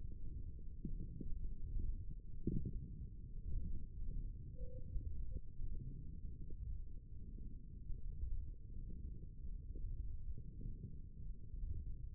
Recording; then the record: forearm muscle sounds (acoustic myography)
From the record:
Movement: wrist flexion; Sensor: system 1, eight BSWA MPA416 microphones around the upper forearm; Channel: 1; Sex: male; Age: 23 years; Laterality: right